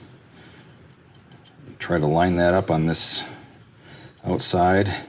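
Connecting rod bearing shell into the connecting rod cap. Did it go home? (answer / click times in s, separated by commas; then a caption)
no / none. A new steel connecting rod bearing shell is lined up on the connecting rod cap before being pushed in, while someone talks over quiet background noise with a faint tick near 1.3 s. Nothing has seated or clicked yet; the shell is only being positioned.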